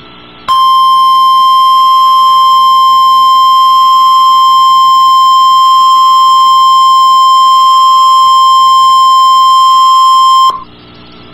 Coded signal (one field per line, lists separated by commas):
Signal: Emergency Alert System (SAME) tones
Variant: 1050 Hz attention tone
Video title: Real NOAA Weather radio EAS Alerts #323 and #324